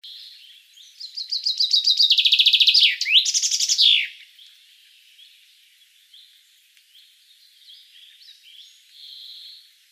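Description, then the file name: Common chaffinch song, a quickening run of chirps into a dense trill with a down-slurred ending, followed by several seconds of faint, scattered bird notes. "Fringilla coelebs"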